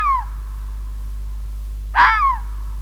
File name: Rode vos - Sound Cloud - Beeld en Geluid